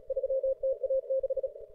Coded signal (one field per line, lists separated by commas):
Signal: Morse code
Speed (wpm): 35 wpm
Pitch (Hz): 530 Hz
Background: radio noise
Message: 3TA6